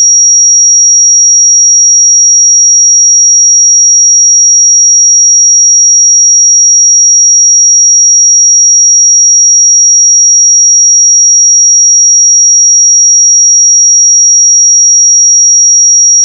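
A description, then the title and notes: A steady, bright 5680 Hz pure sine tone holds unchanged for the whole clip, with no other sounds and a constant level. 5680 Hz 1 Hz Interval Sine Pure Tone Frequency 441000 Sample Mono.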